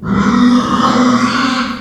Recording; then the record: squeal of a Yucatan mini pig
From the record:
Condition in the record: after surgery on the right vocal fold (resection and tissue-engineered implant); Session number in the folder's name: 16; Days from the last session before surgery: 183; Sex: female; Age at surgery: 19 weeks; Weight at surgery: 25 kg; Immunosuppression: prednisolone